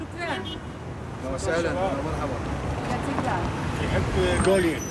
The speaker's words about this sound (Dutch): Maar verder is het een rustig plein waar het verkeer weer voorbij gaat.